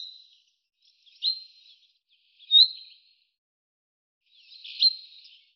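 Common chaffinch calls, a few brief bright chirps at irregular intervals, each a quick sharp note.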